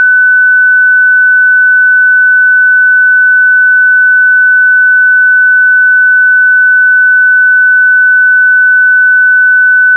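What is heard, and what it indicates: A steady, unbroken pure tone at 1500 Hz sounds at constant loudness for the full ten seconds, with no other sound. It is a synthetic test tone for determining tinnitus by matching the pitch of a person's tinnitus.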